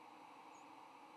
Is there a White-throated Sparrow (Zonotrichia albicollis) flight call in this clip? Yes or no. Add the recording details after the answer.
no. Another species' flight call is heard. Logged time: 07:10 on 8 November 2014